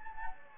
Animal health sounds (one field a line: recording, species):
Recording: mosquito wingbeat signal from an infrared sensor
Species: Anopheles gambiae